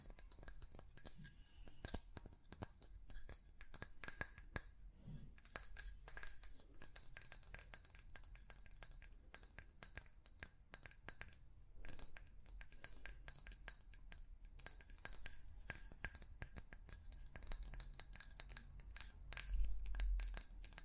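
Objects are tapped in quick, irregular clinks with a glassy ring, steady throughout, with a low rumble underneath and a louder knock near the end.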